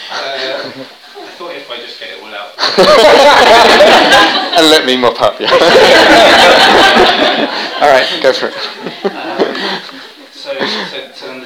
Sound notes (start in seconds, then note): 2.6 laughter; 5.4 laughter